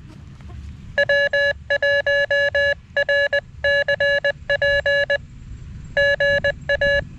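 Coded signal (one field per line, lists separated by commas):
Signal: Morse code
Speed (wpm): 20 wpm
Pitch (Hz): 1700 Hz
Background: none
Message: W1RCP GA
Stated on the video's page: QRP CW contacts on a homemade base-loaded shortened vertical antenna, in conditions poor for compromised antennas.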